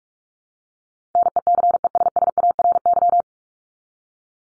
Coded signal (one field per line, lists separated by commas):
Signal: Morse code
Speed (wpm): 44 wpm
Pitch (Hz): 700 Hz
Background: none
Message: NECESSARY